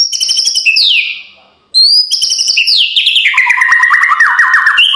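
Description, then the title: White-rumped shama singing a full, rich song of clear descending whistles and fast trilled runs. The song breaks off briefly before resuming with a long rolling warble. Masteran training full rolling (ngerol) song with shooting (nembak) notes, for teaching caged birds. "Masteran Murai Batu Full Ngerol Nembak"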